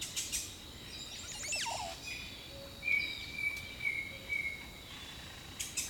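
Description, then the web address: Bird song: rapid high chirps early, then a run of steady whistled notes near the same pitch, over a constant insect-like hiss and faint low whistles. Jungle birdsong. "Echoes of Nature - Jungle Talk 01 Jungle Birdsong"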